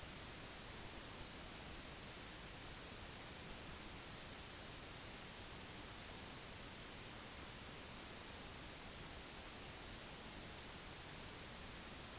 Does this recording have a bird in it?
no